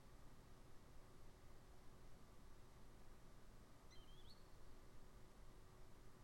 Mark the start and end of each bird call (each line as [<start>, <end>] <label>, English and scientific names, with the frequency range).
[3.90, 4.34] Green Sandpiper (Tringa ochropus) (1.9-8.9 kHz)